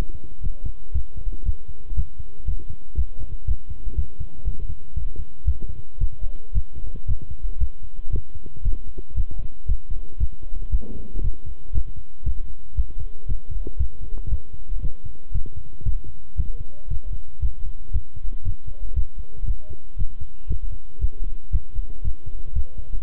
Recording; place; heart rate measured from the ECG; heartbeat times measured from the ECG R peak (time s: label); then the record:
heart sounds by stethoscope; between the tricuspid and mitral areas; 117 bpm
0.43 s: heartbeat
0.94 s: heartbeat
1.45 s: heartbeat
1.97 s: heartbeat
2.47 s: heartbeat
2.97 s: heartbeat
3.47 s: heartbeat
3.97 s: heartbeat
4.46 s: heartbeat
4.96 s: heartbeat
5.46 s: heartbeat
6.00 s: heartbeat
6.54 s: heartbeat
7.08 s: heartbeat
7.60 s: heartbeat
8.12 s: heartbeat
8.64 s: heartbeat
9.16 s: heartbeat
9.68 s: heartbeat
10.20 s: heartbeat
10.72 s: heartbeat
11.23 s: heartbeat
11.74 s: heartbeat
12.25 s: heartbeat
12.77 s: heartbeat
13.28 s: heartbeat
13.79 s: heartbeat
14.31 s: heartbeat
14.82 s: heartbeat
15.34 s: heartbeat
15.85 s: heartbeat
16.37 s: heartbeat
16.90 s: heartbeat
17.42 s: heartbeat
17.93 s: heartbeat
18.45 s: heartbeat
18.96 s: heartbeat
19.47 s: heartbeat
19.98 s: heartbeat
20.49 s: heartbeat
21.01 s: heartbeat
21.52 s: heartbeat
22.04 s: heartbeat
22.55 s: heartbeat
From the record:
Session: walking at 3.7 km/h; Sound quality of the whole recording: good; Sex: male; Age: 25 years